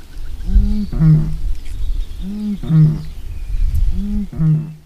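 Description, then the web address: Eurasian bittern booms three times, each a low foghorn-like note following a quick gulped intake, evenly spaced under two seconds apart, with a faint thin bird call in the background. "agykontroll Madardalok Cd 3. Bölömbika"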